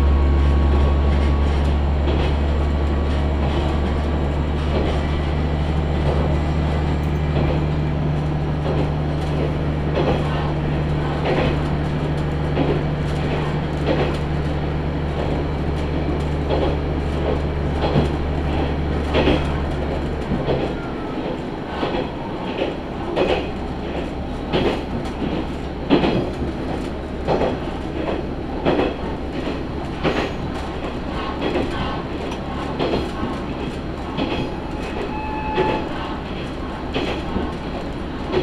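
A ride aboard a local train: for the first twenty seconds a loud, steady low engine drone dominates, then it drops away to a softer rumble. Throughout, dense clattering and rattling clicks from the wheels and carriage continue, growing more prominent in the second half.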